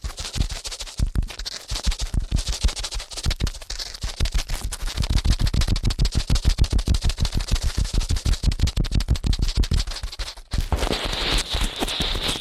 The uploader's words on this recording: ASMR Ear Cleaning at Helicopter Speed.